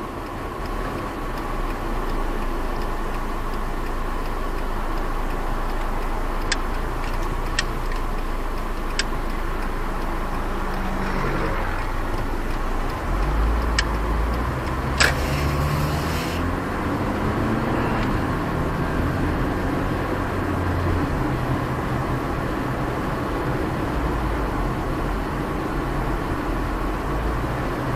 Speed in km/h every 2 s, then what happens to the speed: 7, 6, 5, 5, 5, 2, 5, 8, 14, 31, 36, 41, 41, 40.
0-11 steady at about 5. 11-21 pulls away to 41. 21-28 steady at about 41.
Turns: 13-16.